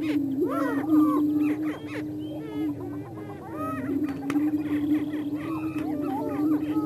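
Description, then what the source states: Greater prairie chickens: a steady low booming hum under a busy mix of whooping and cackling calls from many birds. Recorded in Missouri.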